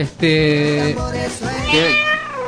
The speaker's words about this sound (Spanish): Ahí está, el gato electrónico.